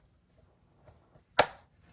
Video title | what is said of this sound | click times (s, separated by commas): 24" iMac Unboxing and Setup! | snaps right into place | 1.4 s